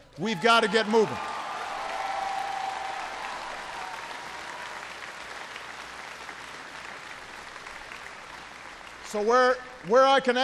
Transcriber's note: applause